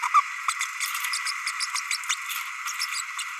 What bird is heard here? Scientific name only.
Forpus passerinus